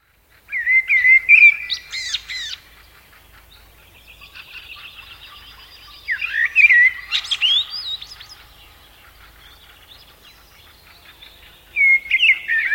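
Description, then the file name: Common blackbird song: three phrases of fluty warbled whistles with high, squeaky twitters, separated by quieter passages. "Turdus merula"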